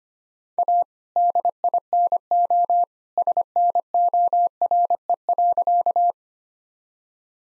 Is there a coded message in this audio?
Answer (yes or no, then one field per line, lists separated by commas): yes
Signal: Morse code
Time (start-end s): 0.6-6.1 s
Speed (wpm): 25 wpm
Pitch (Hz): 700 Hz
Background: none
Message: A DINO SNORE.